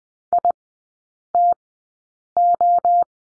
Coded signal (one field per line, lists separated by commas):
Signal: Morse code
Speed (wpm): 20 wpm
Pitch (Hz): 700 Hz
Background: none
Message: ITO